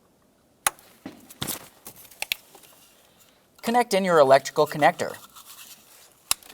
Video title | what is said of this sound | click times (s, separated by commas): How to Replace Blower Motor Resistor 2003-2011 Mercury Grand Marquis | Listen for a click and give that a tug to make sure it's completely secure. | 6.3 s